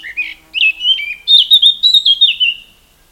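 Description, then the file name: Eurasian blackcap song, a continuous varied warble of fluty, slurred notes that rises in pitch and loudness, then fades. "Sylvia atricapilla"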